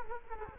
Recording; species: mosquito wingbeat signal from an infrared sensor; Culex quinquefasciatus